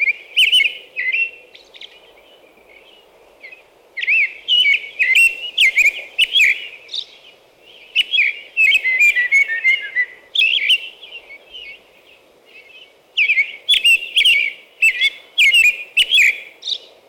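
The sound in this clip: American robin singing a long run of short whistled phrases, rising and falling, with high squeaky notes and brief gaps, a constant low hum underneath.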